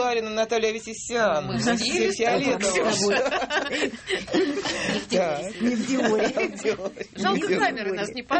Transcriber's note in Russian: смех